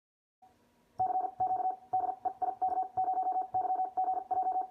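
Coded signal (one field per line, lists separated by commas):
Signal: Morse code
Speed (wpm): 45 wpm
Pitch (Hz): 750 Hz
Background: none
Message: CQ DE IK0YGJ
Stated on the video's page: Solid state CW paddle sending from 20 to 60 WPM.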